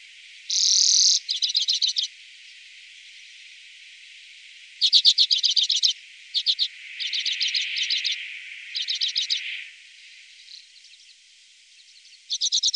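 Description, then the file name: Common redpoll with a harsh buzzy note, then clipped chattering bursts and trills in several runs, separated by pauses. "Grasiska"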